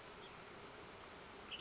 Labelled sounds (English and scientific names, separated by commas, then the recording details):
Western Tanager (Piranga ludoviciana)
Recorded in Sonoma County, California